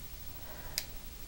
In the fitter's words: and did you hear that little click the little click and don't rely on the click sometimes you'll feel it through your pliers and sometimes you will hear an audible click